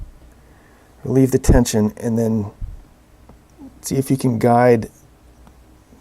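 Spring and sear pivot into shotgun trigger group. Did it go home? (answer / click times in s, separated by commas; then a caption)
no / none. While spring tension is held back, a spring and sear pivot are guided into the hole on the sear pivot in the trigger group of a Browning Double-Auto shotgun. Someone talks, with only faint ticks near 3.3 s and 5.5 s. The part gets mostly there, but nothing has seated or clicked into place yet.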